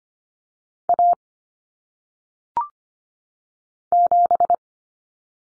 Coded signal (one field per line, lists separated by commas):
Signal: Morse code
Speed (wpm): 25 wpm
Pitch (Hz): 700 Hz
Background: none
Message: A 7